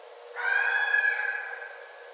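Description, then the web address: Red fox call: a single harsh, harmonic cry that starts abruptly, holds steady for over a second and slowly fades away. Recorded 9 December 2011. "Red Fox 2011 12 09 Red Fox"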